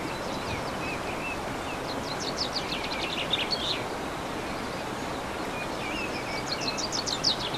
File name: MZ-N 710 Chants d oiseaux 15 03 14